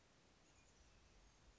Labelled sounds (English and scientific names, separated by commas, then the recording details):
Chestnut-backed Chickadee (Poecile rufescens)
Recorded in Sonoma County, California